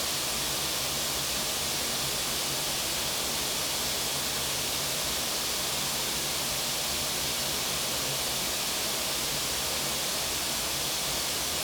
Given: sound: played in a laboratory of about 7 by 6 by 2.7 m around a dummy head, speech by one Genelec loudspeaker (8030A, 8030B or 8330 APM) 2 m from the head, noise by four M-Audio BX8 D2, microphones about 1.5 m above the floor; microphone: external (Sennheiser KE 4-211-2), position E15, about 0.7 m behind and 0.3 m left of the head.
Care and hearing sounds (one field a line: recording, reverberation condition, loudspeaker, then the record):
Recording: white noise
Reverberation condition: medium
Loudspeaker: four, about 170 cm from the corners of the room and facing them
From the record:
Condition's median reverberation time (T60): about 510 ms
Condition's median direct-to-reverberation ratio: about -0.5 dB